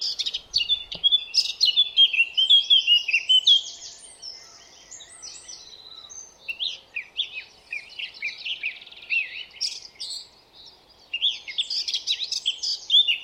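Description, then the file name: Eurasian blackcap song with repeated phrases of fast warbling and fluty whistles, separated by brief quieter gaps. "Sylvia atricapilla"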